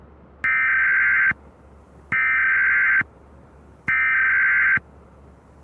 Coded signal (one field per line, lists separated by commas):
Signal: Emergency Alert System (SAME) tones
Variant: header bursts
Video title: EAS Scenario #25 The Demonic Invasion - Computer Demons